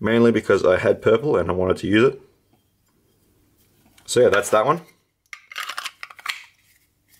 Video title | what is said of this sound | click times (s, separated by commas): Bring on the Brutes! | Nice little click on the Kydex. | 6.0 s